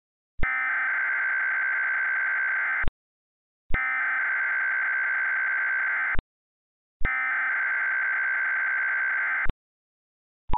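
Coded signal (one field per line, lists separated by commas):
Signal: Emergency Alert System (SAME) tones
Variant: header bursts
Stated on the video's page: Mock EAS alert with valid tones, a simulated Required Monthly Test.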